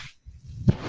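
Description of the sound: A low, steady mechanical rumble, then a brief soft whoosh of air near the end. It is the sound of a home mechanical ventilator pushing air during a breath while running in the background.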